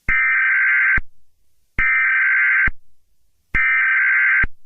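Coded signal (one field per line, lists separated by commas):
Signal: Emergency Alert System (SAME) tones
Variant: header bursts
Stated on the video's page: Not a real alert.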